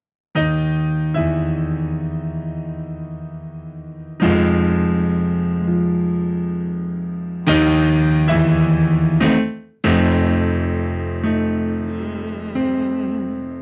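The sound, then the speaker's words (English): Sustained keyboard chords played during a church sermon ring out alone, changing every few seconds with fresh attacks, each held note slowly fading in loudness before the next chord arrives; warm, organ-like tones without any voices. “Give me a little something on that keyboard.”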